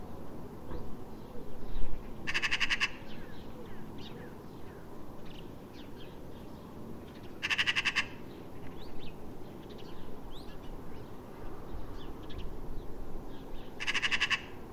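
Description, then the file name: Eurasian magpie giving harsh, rapid rattling chatters, three short bursts spaced about five to six seconds apart, over low rumbling background noise. "Pica pica"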